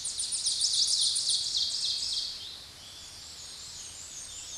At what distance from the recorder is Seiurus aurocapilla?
about 15 m